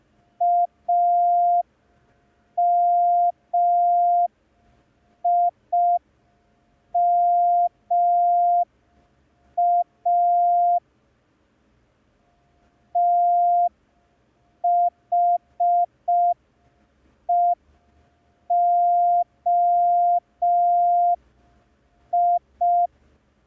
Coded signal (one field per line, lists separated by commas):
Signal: Morse code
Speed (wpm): 5 wpm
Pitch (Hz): 700 Hz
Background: none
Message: AMIMA THEOI